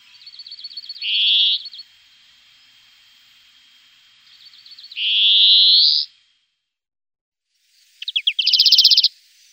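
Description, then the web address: European greenfinch singing drawn-out, rising buzzes, each introduced by a quick rattling trill, with a sharper trill and buzz burst near the end. "Cants verdum"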